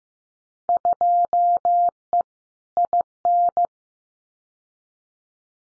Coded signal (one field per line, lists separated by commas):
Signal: Morse code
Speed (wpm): 15 wpm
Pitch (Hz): 700 Hz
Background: none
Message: 2E IN